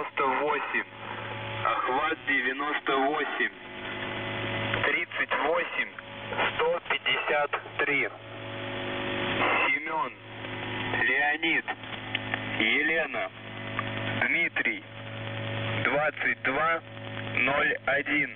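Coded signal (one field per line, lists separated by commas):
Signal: coded military voice message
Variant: The Goose, Russian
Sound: russian male voice reading callword воздух, numbers and names over radio, repeated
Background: radio static, steady hum tones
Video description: "The Goose" is a Russian military radiostation that broadcasts on 4310 kHz at daytime and on 3243 kHz at nighttime.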